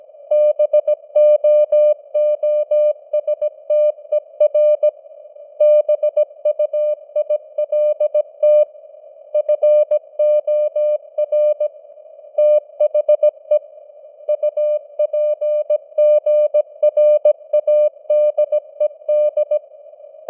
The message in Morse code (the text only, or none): BOOSTER BUILT FOR THE UPGRADED